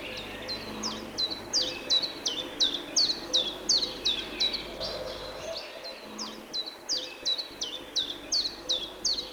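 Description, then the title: Common chiffchaff song, a long even series of sharp high notes alternating slightly in pitch, delivered quickly and evenly with a faint background hiss. "Ярмышко Л. - Аудиоэнциклопедия. Ïåíî÷êà-òåíüêîâêà"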